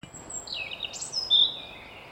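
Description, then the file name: European robin giving a short run of high, thin whistles that rise and fall, ending in a bright sharp note and a trailing warble, with faint background hiss. "Erithacus rubecula"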